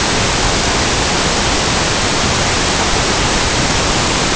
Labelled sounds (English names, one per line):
none